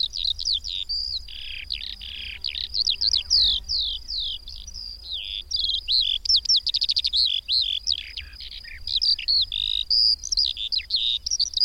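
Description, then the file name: Eurasian skylark pouring out a bubbling, high-pitched song of rapid chirps, buzzy trills and downslurred whistles, continuous for the whole stretch. "Mezei pacsirta"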